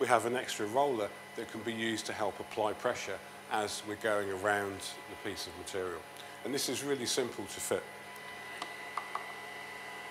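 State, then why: Not seated. Someone talks while an extra pressure roller attachment is fitted to the front of a Festool Conturo KA 65 edge bander, to help apply pressure going around the piece of material. After the talking, short sharp handling knocks come at about 8.6, 9.0 and 9.2 seconds. The roller has not clicked into place yet.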